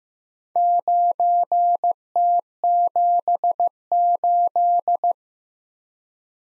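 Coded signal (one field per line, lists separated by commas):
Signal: Morse code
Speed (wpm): 15 wpm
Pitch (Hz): 700 Hz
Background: none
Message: 9T78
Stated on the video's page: Morse practice at 15 wpm of random four-character letter-number groups, each sent twice.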